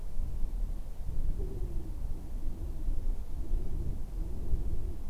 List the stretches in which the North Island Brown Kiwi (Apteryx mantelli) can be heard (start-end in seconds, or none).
none